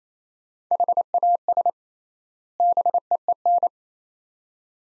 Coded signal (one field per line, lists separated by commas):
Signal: Morse code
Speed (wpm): 28 wpm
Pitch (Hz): 700 Hz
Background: none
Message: HAS BEEN